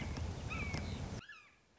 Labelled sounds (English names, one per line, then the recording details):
Red-shouldered Hawk
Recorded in Sonoma County, California